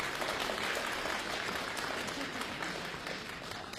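Steady audience applause at the Beijing Happy Time 2018 comedy show, welcoming a performer onstage for a short solo Haipai comic monologue; a dense, even wash of many hands clapping at constant loudness with no voices standing out.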